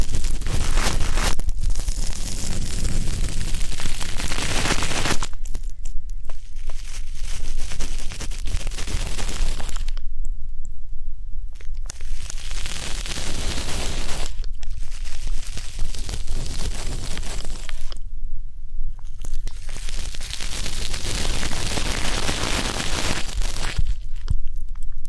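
Ear-cleaning sounds come in dense, crackling scratchy bursts of rough rubbing, with brief quieter gaps roughly every four seconds and a steady low rumble.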